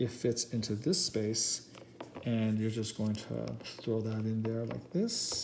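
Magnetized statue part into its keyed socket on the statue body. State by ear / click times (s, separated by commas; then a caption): not seated / none. A magnetized, keyed part of a 1/4 scale resin statue is being handled toward its peg and socket on the statue body while someone talks. Nothing has seated or snapped into place yet.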